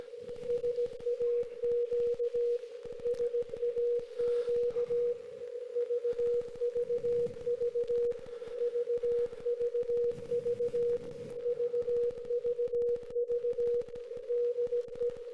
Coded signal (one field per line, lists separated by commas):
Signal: Morse code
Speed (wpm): 17 wpm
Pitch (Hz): 480 Hz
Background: none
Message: SAQ SAQ VVV VVV VVV DE